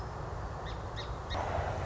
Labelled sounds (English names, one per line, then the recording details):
Song Sparrow
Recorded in Sonoma County, California